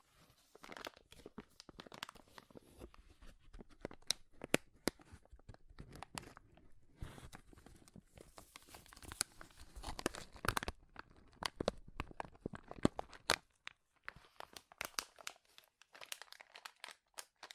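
Powerful crinkles crackle in dense, irregular bursts of sharp, bright crackling, busiest in the middle and thinning toward the end.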